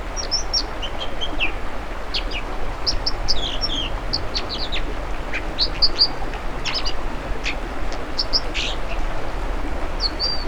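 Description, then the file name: American dipper calls, a series of short, high, metallic notes scattered irregularly throughout against constant rushing noise. "American Dipper Cinclus mexicanus"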